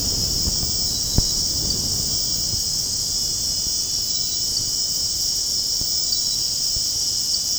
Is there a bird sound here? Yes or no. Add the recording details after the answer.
no. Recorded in secondary vegetation near Puerto Asís, Putumayo, Colombia, on 18 February 2024 at 01:30. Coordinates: 0.489, -76.322. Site G6419